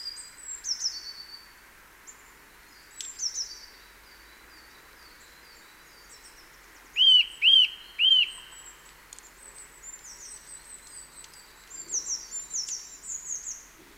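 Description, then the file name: Eurasian nuthatch calling: a burst of three loud, clear arched whistles midway, amid faint, thin twittering throughout. "Sitta europaea"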